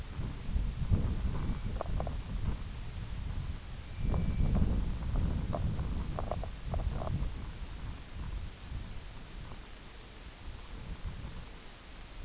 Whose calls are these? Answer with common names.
American Golden-plover